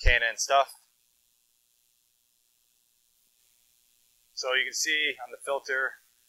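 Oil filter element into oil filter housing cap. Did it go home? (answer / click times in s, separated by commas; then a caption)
no / none. A new plastic oil filter element for a Ram EcoDiesel truck is handled before being pushed into the top of the oil filter housing cap, where its clips will snap in. Someone talks from 0 to about 0.8 s and again from about 4.4 to 6.0 s, with near silence in between. Nothing has seated or clicked yet.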